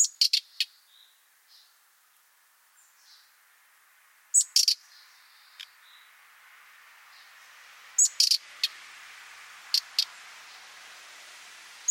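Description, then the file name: Common nightingale calls: scattered groups of sharp clicks with a thin high note, separated by long gaps and soft background hiss. "Luscinia megarhynchos"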